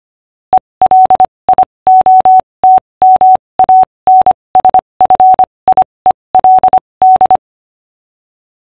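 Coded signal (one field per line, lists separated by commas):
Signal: Morse code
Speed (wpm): 25 wpm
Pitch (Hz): 750 Hz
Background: none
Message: ELIOT MANSFIELD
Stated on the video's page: Audible alarm from an Arduino leak detector when water is detected.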